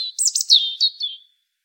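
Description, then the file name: European robin song fragment: a quick tumbling run of high, sweet notes that fades out after just over a second. "Erithacus rubecula"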